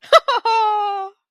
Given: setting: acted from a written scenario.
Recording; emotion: vocal sound without words; triumph